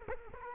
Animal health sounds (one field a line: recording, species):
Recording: mosquito wingbeat signal from an infrared sensor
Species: Culex quinquefasciatus